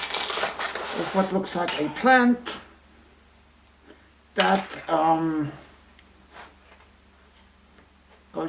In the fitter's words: into this base sadly it does not click into place so it it falls apart